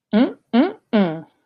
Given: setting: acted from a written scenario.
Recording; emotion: vocal sound without words; romantic love